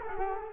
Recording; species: mosquito wingbeat signal from an infrared sensor; Culex quinquefasciatus